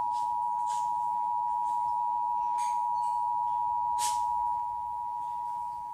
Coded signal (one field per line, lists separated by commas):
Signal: Emergency Alert System (SAME) tones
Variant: 853 and 960 Hz attention tone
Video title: Los Angeles Required Monthly Test EAS Compilation (EAS# 10-13)